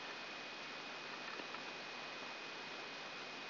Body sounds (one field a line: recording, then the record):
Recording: brain microelectrode recording played as sound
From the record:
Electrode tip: outside the subthalamic nucleus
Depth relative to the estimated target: -3 mm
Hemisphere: right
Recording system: AlphaMap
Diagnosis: Parkinson's disease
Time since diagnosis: 9 years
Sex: male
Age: 68 years